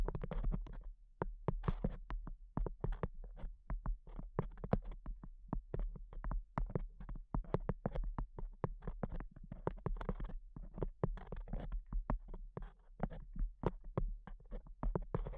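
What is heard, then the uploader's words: Tapping goes on throughout, a steady run of sharp knocks packed several to the second, some bunched into quick bursts and others spaced a little wider. Each hit is crisp with a dull body, and a constant low hum sits underneath. ASMR Pure Tapping Fast and Slow (No Talking).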